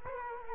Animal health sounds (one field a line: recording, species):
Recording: mosquito wingbeat signal from an infrared sensor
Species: Culex quinquefasciatus